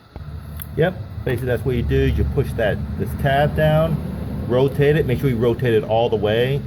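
A locking tab is pushed down on the wiring harness connector on the thermostat housing of a 2009 Mini Cooper R56, and the lever is rotated forward to push the plug off. A sharp click at 0.6 s marks the connector releasing, while someone talks throughout over a low background hum.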